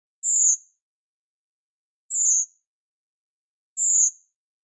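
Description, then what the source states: Redwing flight calls: three very high, thin, drawn-out seep notes, each slightly falling, spaced nearly two seconds apart in silence. Heard high overhead on dark, cold evenings in October and November, in town or garden; the thin call signals redwing migration has begun.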